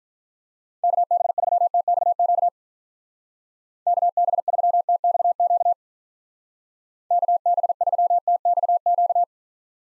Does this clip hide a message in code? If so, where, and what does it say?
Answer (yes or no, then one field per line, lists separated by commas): yes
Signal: Morse code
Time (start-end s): 0.8-9.2 s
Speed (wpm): 44 wpm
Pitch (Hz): 700 Hz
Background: none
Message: KB3TXQ KB3TXQ KB3TXQ